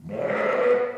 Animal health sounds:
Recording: contact call of a hoofed animal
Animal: sheep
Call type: low-frequency (closed-mouth) or high-frequency (open-mouth) call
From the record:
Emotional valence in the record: negative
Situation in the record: short social isolation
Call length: 0.97 s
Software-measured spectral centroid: 1290 Hz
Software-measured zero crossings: 1330 a second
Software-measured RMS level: -23 dBFS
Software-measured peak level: -10 dBFS

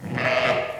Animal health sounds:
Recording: contact call of a hoofed animal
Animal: sheep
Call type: low-frequency (closed-mouth) or high-frequency (open-mouth) call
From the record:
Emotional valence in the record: negative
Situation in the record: short social isolation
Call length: 0.80 s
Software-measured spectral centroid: 2020 Hz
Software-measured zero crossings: 2130 a second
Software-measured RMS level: -24 dBFS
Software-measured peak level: -8 dBFS

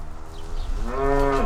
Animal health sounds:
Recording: contact call of a hoofed animal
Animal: cattle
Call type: low-frequency (closed-mouth) or high-frequency (open-mouth) call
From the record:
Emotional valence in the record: negative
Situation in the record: full separation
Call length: 1.46 s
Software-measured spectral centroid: 1590 Hz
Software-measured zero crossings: 690 a second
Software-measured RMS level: -23 dBFS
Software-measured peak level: -9 dBFS

